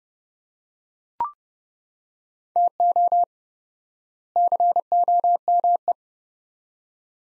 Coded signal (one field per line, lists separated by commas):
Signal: Morse code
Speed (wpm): 32 wpm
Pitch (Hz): 700 Hz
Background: none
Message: TO COME